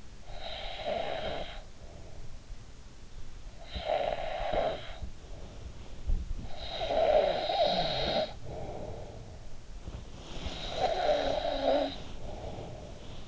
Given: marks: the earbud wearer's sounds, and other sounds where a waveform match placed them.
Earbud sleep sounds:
sounds in sleep by an in-ear microphone; snoring breath
0.00-2.62 s: snoring breath
3.28-5.82 s: snoring breath
6.48-9.45 s: snoring breath
9.99-13.28 s: snoring breath

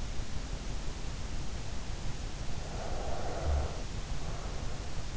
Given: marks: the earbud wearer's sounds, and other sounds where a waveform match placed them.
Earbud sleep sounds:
sounds in sleep by an in-ear microphone; breath
2.63-4.98 s: breath

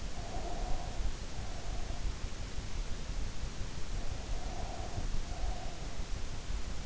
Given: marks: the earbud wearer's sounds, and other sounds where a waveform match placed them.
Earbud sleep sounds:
sounds in sleep by an in-ear microphone; breath
0.04-2.09 s: breath
4.25-6.12 s: breath

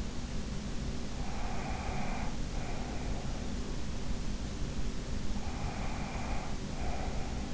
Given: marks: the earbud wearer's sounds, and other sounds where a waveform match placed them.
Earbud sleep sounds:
sounds in sleep by an in-ear microphone; breath
1.20-3.42 s: breath
5.14-7.54 s: breath

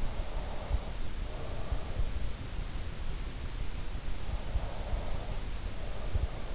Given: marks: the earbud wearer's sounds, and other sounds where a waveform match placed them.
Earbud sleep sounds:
sounds in sleep by an in-ear microphone; breath
0.00-2.11 s: breath
4.43-6.49 s: breath

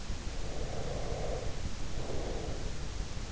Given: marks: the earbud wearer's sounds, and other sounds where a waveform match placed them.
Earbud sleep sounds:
sounds in sleep by an in-ear microphone; breath
0.33-3.19 s: breath

